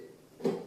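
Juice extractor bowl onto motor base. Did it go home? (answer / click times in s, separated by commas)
yes / 0.5 s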